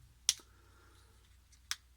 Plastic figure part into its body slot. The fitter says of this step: Bring this back over here and that'll click into place